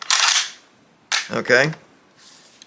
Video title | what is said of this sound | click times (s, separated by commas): WWII rifles M 1 Garand #m1 #garand #ww2 #rifle #3006 #military | and it locks in place and that has got your gun completely reassembled ready to go | 0.0 s, 0.1 s